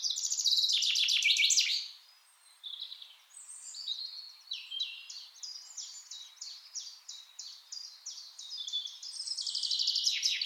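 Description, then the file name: Common chaffinch song: a loud, buzzy burst opens, then a brief pause, then a long series of bright, repeated chipping notes building again into a rich flourish. "Fringilla coelebs"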